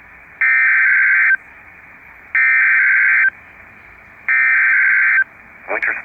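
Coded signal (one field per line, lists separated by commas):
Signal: Emergency Alert System (SAME) tones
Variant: header bursts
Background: speech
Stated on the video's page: Blizzard and winter storm warnings received on NOAA Weather Radio WXL78, northeast North Dakota.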